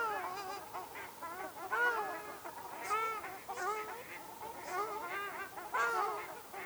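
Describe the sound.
Ruddy shelduck honks, drawn-out nasal arched calls repeated irregularly.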